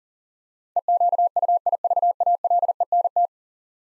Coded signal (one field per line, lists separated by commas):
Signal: Morse code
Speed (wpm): 37 wpm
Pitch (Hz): 700 Hz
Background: none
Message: EQUIVALENT